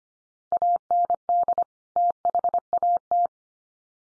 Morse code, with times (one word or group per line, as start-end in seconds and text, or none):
0.5-1.6 AND
2.0-3.3 THAT